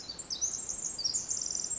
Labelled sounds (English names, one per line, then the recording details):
Pacific Wren
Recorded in Sonoma County, California